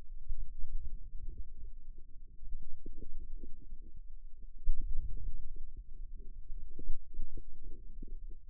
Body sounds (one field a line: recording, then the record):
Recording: forearm muscle sounds (acoustic myography)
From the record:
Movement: outward rotation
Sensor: system 2, bracelet of six BSWA MPA416 microphones around the upper forearm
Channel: 1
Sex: female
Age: 22 years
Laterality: right